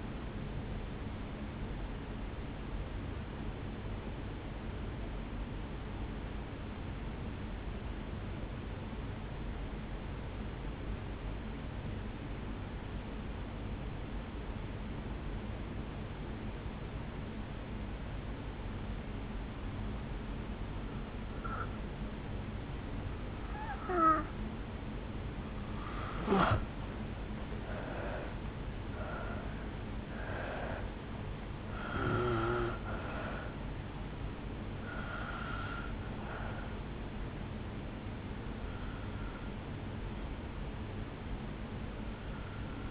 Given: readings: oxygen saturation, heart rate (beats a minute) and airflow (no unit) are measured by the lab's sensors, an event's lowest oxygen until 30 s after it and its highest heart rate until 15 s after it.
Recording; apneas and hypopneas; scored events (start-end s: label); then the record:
breathing in sleep by a voice recorder at the bedside; 1
8.00-21.50 s: obstructive apnea (N2, oxygen 93% highest, then 82% lowest, heart rate 58 at the start, 72 highest)
From the record:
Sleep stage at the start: N2 (light sleep); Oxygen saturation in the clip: 83 to 94%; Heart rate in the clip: 56 to 72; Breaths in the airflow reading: 10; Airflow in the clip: -6.3 to 3.7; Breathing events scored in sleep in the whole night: 449 in 7.0 hours asleep